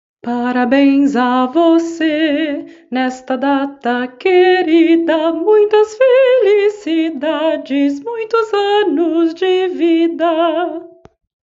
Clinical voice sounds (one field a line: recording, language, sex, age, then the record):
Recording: short text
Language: Brazilian Portuguese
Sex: female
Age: 40 to 49 years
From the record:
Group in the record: control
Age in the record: 46 years